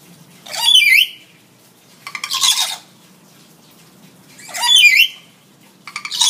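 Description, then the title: Hill myna gives four bursts of loud, harsh, raspy squawks, the last cut off at the end. Vocal ('gacor') hill myna; tutor audio (masteran) for training birds. "Suara Burung Beo Gacor Cocok Untuk Masteran"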